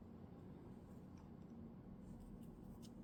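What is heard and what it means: A microSD memory card is picked up and lined up with the card slot of an Insta360 action camera before being pushed in, over a steady low background hum with a few faint light ticks. Nothing has seated or clicked yet.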